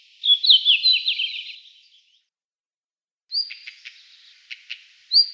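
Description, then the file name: Red-flanked bluetail song: a short warbled phrase of high twittering notes, then after a pause a thin whistle, a few clicks and another whistle. "sinehvostka golos"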